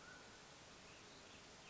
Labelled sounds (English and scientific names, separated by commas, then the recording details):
Mountain Quail (Oreortyx pictus)
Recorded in Sonoma County, California